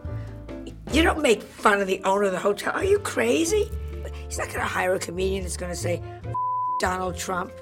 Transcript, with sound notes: You don't make fun of the owner of the hotel. Are you crazy? He's not gonna hire a comedian who's going to say (beep) Donald Trump.